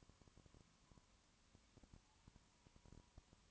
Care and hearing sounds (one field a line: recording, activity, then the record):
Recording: daily activity, microphone in the room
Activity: no activity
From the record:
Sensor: 1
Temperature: 19.2 degrees Celsius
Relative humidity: 37.8%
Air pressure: 1001.1 hPa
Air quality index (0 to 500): 198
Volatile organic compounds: 7 ppm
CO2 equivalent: 1999 ppm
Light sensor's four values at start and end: 1/2/1/1 and 1/2/1/1